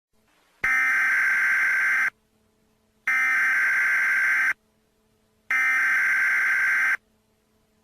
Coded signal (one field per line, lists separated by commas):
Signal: Emergency Alert System (SAME) tones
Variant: header bursts